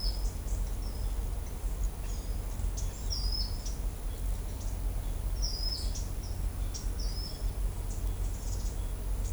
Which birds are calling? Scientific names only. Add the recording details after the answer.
Tolmomyias flaviventris. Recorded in shrubland near Pivijay, Magdalena, Colombia, on 3 June 2023 at 10:30. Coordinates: 10.453, -74.365. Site P5-G022